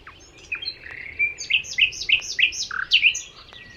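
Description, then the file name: Common nightingale song: a quick series of loud, slurred whistled notes in a lively phrase. "Luscinia megarhynchos"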